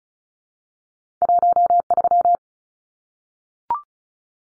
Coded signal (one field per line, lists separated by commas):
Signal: Morse code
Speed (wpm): 34 wpm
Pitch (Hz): 700 Hz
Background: none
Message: 13